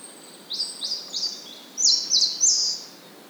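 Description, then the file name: Marsh tit calls: a few quick descending whistled notes followed by three louder, buzzy, rasping notes in a rapid run. "Poecile palustris"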